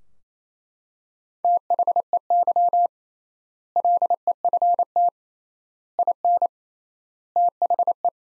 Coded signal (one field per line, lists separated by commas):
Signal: Morse code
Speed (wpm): 27 wpm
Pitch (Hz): 700 Hz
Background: none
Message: THEY LEFT IN THE